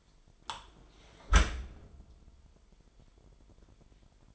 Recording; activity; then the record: daily activity, microphone in the room; close dishwasher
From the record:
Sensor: 5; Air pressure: 998.4 hPa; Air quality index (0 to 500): 79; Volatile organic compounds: 1 ppm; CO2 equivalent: 900 ppm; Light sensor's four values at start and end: 22/52/22/24 and 22/51/21/24